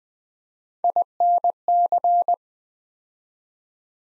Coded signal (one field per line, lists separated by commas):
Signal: Morse code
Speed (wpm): 20 wpm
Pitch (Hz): 700 Hz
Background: none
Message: INC